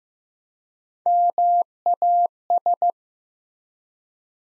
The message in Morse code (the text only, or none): MAS